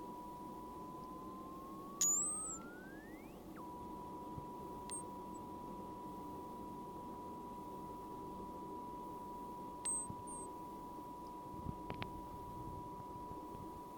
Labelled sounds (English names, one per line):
Hazel Dormouse